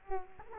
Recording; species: mosquito wingbeat signal from an infrared sensor; Culex quinquefasciatus